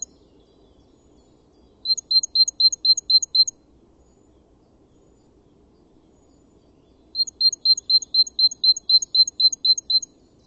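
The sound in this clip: Bird calling in two tidy runs of sharp, high double notes at a fast regular pace, separated by a few seconds of silence.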